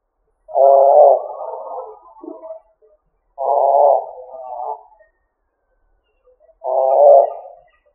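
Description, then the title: Pigeon cooing, three burry, low phrases each starting loud and trailing off, spaced roughly three seconds apart with silence between. "Columbidae Pomba"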